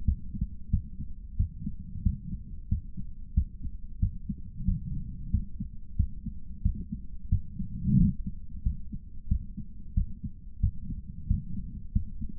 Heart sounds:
heart sounds by stethoscope; 91 bpm
0.04 s: heartbeat
0.69 s: heartbeat
1.36 s: heartbeat
2.02 s: heartbeat
2.68 s: heartbeat
3.33 s: heartbeat
3.99 s: heartbeat
4.64 s: heartbeat
5.30 s: heartbeat
5.96 s: heartbeat
6.62 s: heartbeat
7.28 s: heartbeat
7.96 s: heartbeat
8.62 s: heartbeat
9.27 s: heartbeat
9.93 s: heartbeat
10.60 s: heartbeat
11.26 s: heartbeat
11.92 s: heartbeat
From the record:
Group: healthy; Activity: cold pressor test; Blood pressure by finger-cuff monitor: 137/86 mmHg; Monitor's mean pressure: 99 mmHg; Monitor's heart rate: 91 bpm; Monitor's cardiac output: 8 L/min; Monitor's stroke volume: 88 mL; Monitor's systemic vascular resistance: 920 dyn s/cm5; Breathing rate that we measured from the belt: 19 breaths a minute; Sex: male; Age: 57 years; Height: 188 cm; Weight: 106 kg

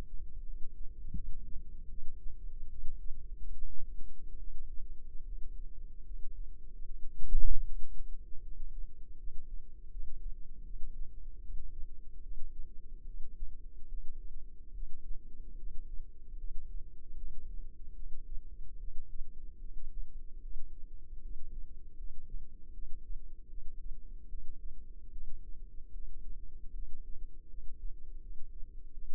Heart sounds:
heart sounds by microphone in the left ear; 76 bpm
0.44 s: heartbeat
1.14 s: heartbeat
1.89 s: heartbeat
2.69 s: heartbeat
3.52 s: heartbeat
4.37 s: heartbeat
5.23 s: heartbeat
6.04 s: heartbeat
6.85 s: heartbeat
7.64 s: heartbeat
8.42 s: heartbeat
9.18 s: heartbeat
9.90 s: heartbeat
10.64 s: heartbeat
11.40 s: heartbeat
12.22 s: heartbeat
13.05 s: heartbeat
13.88 s: heartbeat
14.73 s: heartbeat
15.57 s: heartbeat
16.37 s: heartbeat
17.17 s: heartbeat
17.94 s: heartbeat
18.78 s: heartbeat
19.60 s: heartbeat
20.41 s: heartbeat
21.21 s: heartbeat
21.97 s: heartbeat
22.73 s: heartbeat
23.48 s: heartbeat
24.28 s: heartbeat
25.11 s: heartbeat
25.93 s: heartbeat
26.73 s: heartbeat
27.49 s: heartbeat
28.21 s: heartbeat
28.93 s: heartbeat
From the record:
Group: healthy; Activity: cold pressor test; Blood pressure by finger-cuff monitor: 117/45 mmHg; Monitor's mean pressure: 74 mmHg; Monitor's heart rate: 74 bpm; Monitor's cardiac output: 10.6 L/min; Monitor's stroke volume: 141 mL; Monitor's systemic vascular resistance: 500 dyn s/cm5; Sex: female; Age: 32 years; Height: 168 cm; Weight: 61.9 kg

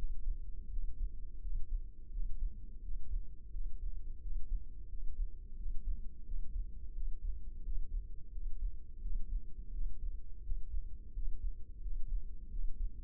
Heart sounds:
heart sounds by microphone in the left ear; 86 bpm
0.72 s: heartbeat
1.43 s: heartbeat
2.13 s: heartbeat
2.84 s: heartbeat
3.54 s: heartbeat
4.23 s: heartbeat
4.90 s: heartbeat
5.58 s: heartbeat
6.27 s: heartbeat
6.96 s: heartbeat
7.65 s: heartbeat
8.33 s: heartbeat
9.03 s: heartbeat
9.74 s: heartbeat
10.45 s: heartbeat
11.15 s: heartbeat
11.83 s: heartbeat
12.52 s: heartbeat
From the record:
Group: healthy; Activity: rest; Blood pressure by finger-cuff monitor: 132/83 mmHg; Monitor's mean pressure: 98 mmHg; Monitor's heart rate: 86 bpm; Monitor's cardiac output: 7.1 L/min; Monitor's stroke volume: 83 mL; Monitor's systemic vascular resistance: 1040 dyn s/cm5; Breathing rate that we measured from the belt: 18 breaths a minute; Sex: male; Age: 21 years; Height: 175 cm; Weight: 72.6 kg

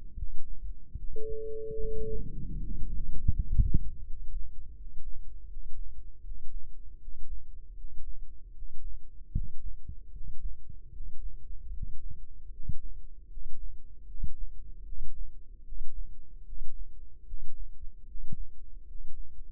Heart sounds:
heart sounds by microphone in the left ear; 77 bpm
0.14 s: heartbeat
0.95 s: heartbeat
1.77 s: heartbeat
2.58 s: heartbeat
3.31 s: heartbeat
4.02 s: heartbeat
4.73 s: heartbeat
5.46 s: heartbeat
6.21 s: heartbeat
6.97 s: heartbeat
7.74 s: heartbeat
8.52 s: heartbeat
9.30 s: heartbeat
10.10 s: heartbeat
10.90 s: heartbeat
11.70 s: heartbeat
12.49 s: heartbeat
13.27 s: heartbeat
14.04 s: heartbeat
14.82 s: heartbeat
15.62 s: heartbeat
16.43 s: heartbeat
17.24 s: heartbeat
18.05 s: heartbeat
18.85 s: heartbeat
From the record:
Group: healthy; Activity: rest 0-3 s, breath hold 3-20 s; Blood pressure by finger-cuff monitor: 107/73 mmHg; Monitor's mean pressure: 80 mmHg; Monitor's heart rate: 77 bpm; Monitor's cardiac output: 6.4 L/min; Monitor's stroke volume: 82 mL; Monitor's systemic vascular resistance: 870 dyn s/cm5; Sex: male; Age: 35 years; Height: 180 cm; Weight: 86.9 kg

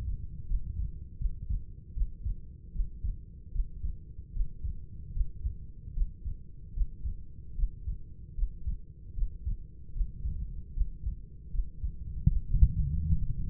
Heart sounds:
heart sounds by stethoscope; 76 bpm
0.46 s: heartbeat
1.17 s: heartbeat
1.93 s: heartbeat
2.71 s: heartbeat
3.51 s: heartbeat
4.32 s: heartbeat
5.12 s: heartbeat
5.92 s: heartbeat
6.72 s: heartbeat
7.54 s: heartbeat
8.34 s: heartbeat
9.13 s: heartbeat
9.92 s: heartbeat
10.72 s: heartbeat
11.50 s: heartbeat
12.27 s: heartbeat
13.07 s: heartbeat
From the record:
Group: healthy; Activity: breath hold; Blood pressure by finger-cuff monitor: 88/60 mmHg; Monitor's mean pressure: 69 mmHg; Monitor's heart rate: 76 bpm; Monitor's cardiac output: 5.7 L/min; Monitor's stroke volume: 72 mL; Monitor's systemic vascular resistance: 850 dyn s/cm5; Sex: female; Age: 26 years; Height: 165 cm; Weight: 55 kg

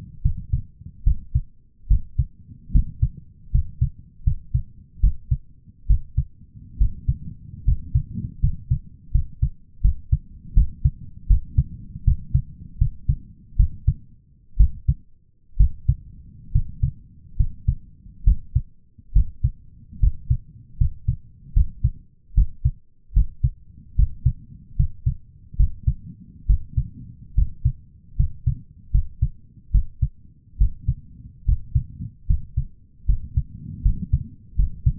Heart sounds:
heart sounds by stethoscope; 73 bpm
0.22 s: heartbeat
1.04 s: heartbeat
1.88 s: heartbeat
2.72 s: heartbeat
3.51 s: heartbeat
4.24 s: heartbeat
5.00 s: heartbeat
5.87 s: heartbeat
6.78 s: heartbeat
7.65 s: heartbeat
8.40 s: heartbeat
9.12 s: heartbeat
9.81 s: heartbeat
10.54 s: heartbeat
11.27 s: heartbeat
12.04 s: heartbeat
12.78 s: heartbeat
13.57 s: heartbeat
14.57 s: heartbeat
15.57 s: heartbeat
16.52 s: heartbeat
17.37 s: heartbeat
18.24 s: heartbeat
19.13 s: heartbeat
20.00 s: heartbeat
20.78 s: heartbeat
21.53 s: heartbeat
22.34 s: heartbeat
23.13 s: heartbeat
23.96 s: heartbeat
24.76 s: heartbeat
25.56 s: heartbeat
26.46 s: heartbeat
27.35 s: heartbeat
28.16 s: heartbeat
28.91 s: heartbeat
29.71 s: heartbeat
30.58 s: heartbeat
31.45 s: heartbeat
32.27 s: heartbeat
33.06 s: heartbeat
33.82 s: heartbeat
34.56 s: heartbeat
From the record:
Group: healthy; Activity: rest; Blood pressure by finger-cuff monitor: 161/109 mmHg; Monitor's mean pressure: 120 mmHg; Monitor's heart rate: 73 bpm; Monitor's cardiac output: 6.1 L/min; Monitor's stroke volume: 85 mL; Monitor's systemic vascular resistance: 1470 dyn s/cm5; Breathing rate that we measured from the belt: 15 breaths a minute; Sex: male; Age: 23 years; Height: 179 cm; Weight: 87 kg

